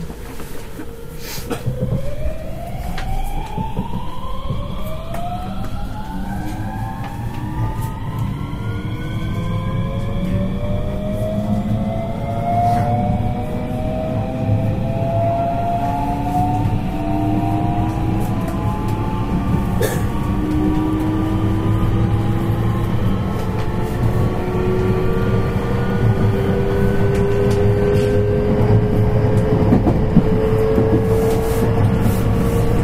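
A JR West 223 series train runs under steady low rumble as it pulls away. Several motor whines start low after a second or two and climb slowly in pitch for the rest of the half-minute, with occasional sharp clicks from the rails.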